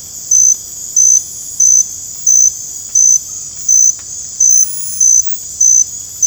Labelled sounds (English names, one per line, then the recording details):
none
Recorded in dense forest near Puerto Asís, Putumayo, Colombia, on 22 December 2024 at 23:30
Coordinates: 0.481, -76.323
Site G100